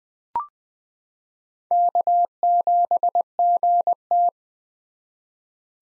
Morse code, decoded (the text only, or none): K7GT